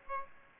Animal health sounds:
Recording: mosquito wingbeat signal from an infrared sensor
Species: Aedes aegypti

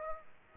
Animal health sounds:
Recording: mosquito wingbeat signal from an infrared sensor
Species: Aedes aegypti

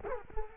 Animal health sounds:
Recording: mosquito wingbeat signal from an infrared sensor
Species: Culex quinquefasciatus

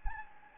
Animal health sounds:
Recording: mosquito wingbeat signal from an infrared sensor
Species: Anopheles gambiae

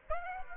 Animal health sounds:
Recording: mosquito wingbeat signal from an infrared sensor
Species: Aedes aegypti

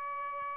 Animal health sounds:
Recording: mosquito wingbeat signal from an infrared sensor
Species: Aedes albopictus

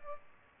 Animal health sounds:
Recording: mosquito wingbeat signal from an infrared sensor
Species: Culex pipiens

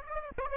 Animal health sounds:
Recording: mosquito wingbeat signal from an infrared sensor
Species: Aedes aegypti

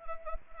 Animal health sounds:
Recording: mosquito wingbeat signal from an infrared sensor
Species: Anopheles arabiensis

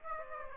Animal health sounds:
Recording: mosquito wingbeat signal from an infrared sensor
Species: Aedes aegypti

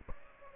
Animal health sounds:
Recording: mosquito wingbeat signal from an infrared sensor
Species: Aedes aegypti

